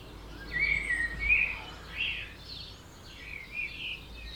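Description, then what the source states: Bird song in a dawn chorus, a few clear chirping phrases at the start, then softer overlapping twitters. Dawn chorus recorded at 4am in Oberhofen, Inntal, Austria; binaural recording.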